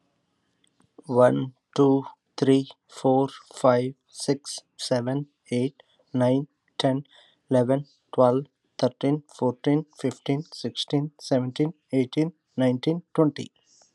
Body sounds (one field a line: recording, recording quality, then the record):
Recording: counting at a normal pace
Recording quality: excellent, no background noise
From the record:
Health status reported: healthy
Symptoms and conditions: none ticked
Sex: male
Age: 45 years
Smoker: not ticked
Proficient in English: yes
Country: United States